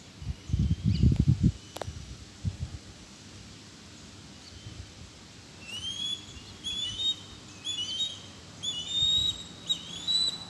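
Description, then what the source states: Osprey calls: after a low thumping noise, a series of high, sharply upslurred whistled notes comes in quick, uneven bursts over steady background hiss. Subspecies Pandion haliaetus cristatus.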